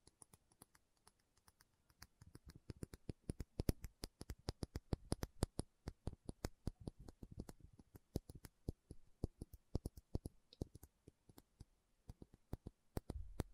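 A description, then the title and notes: Quick, irregular tapping clicks in dense bursts, like fingertips on a hard surface, with brief pauses and no voice throughout. Tapping Session (No Talking).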